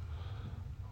Someone's snoring in the background. He's snoring really bad.